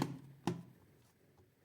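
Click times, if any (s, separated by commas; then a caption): 0.5 s. A plastic bottom cover is pressed lightly around its edges as it is fitted back onto a laptop chassis. A short tap at the very start is followed by a sharp click at 0.5 s, after which the sound fades to quiet. The cover snaps into place and is seated.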